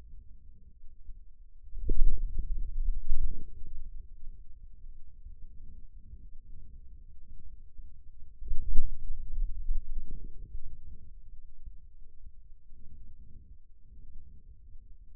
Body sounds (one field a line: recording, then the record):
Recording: forearm muscle sounds (acoustic myography)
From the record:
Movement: hand closing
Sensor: system 2, bracelet of six BSWA MPA416 microphones around the upper forearm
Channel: 1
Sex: male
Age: 22 years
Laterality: right